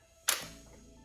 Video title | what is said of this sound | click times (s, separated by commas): Rebuilding A Wrecked 2021 Honda CBR1000RR-R Fireblade SP (Part 2) | Oh, it does. Did you hear that click? | 0.3 s